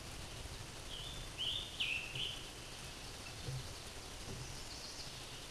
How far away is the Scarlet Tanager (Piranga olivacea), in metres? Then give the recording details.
about 15 m. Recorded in a Pennsylvania forest on 19 May 2023 at 14:16. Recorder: AudioMoth, point grid1_27_low. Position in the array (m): 137 m, 44 m